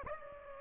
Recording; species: mosquito wingbeat signal from an infrared sensor; Aedes aegypti